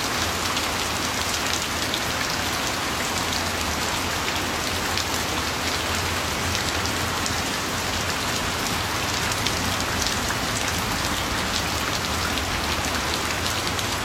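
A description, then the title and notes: Steady rain falls throughout, a dense, even hiss of drops on a surface with countless tiny pattering taps. The sound is bright, with no pauses or swells, and a faint low hum sits underneath the whole time. Sounds of Nature: Zen Rain.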